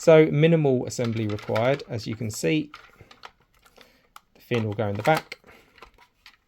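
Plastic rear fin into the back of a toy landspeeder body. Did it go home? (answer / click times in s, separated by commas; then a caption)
no / none. Someone talks while a plastic rear fin is handled near its slot at the back of a toy landspeeder body, with faint, brief plastic ticks and taps in the quieter gaps. The fin has not yet seated or clicked into place.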